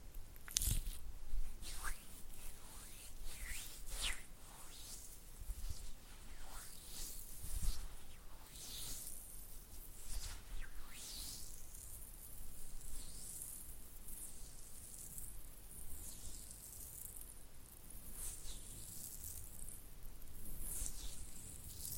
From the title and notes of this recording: ASMR Oily Hand and Flutter Finger Sounds (No Talking).